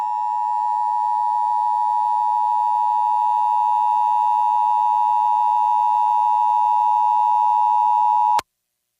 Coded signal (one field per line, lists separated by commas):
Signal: Emergency Alert System (SAME) tones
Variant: 853 and 960 Hz attention tone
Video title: Washington D.C. Required Monthly Test on multiple stations (EAS #1172-1179)